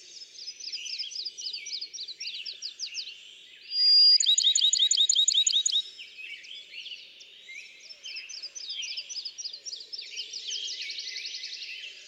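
Bachman's sparrow song: a brief, pure whistled note, then a fast, even trill lasting under two seconds, over a busy chorus of other small birds chipping and twittering.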